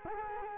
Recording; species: mosquito wingbeat signal from an infrared sensor; Culex quinquefasciatus